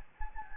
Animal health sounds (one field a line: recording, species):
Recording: mosquito wingbeat signal from an infrared sensor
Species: Anopheles gambiae